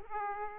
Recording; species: mosquito wingbeat signal from an infrared sensor; Aedes aegypti